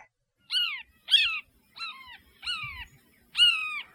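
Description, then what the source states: Blue Jay calls: five harsh, nasal, downslurred notes given singly about every half to one second, over an otherwise quiet background. Played in a humorous radio segment on blue jay intelligence, jokingly presented as the jay falling over laughing.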